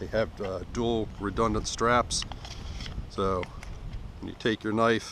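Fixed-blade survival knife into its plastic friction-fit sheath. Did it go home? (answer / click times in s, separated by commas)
no / none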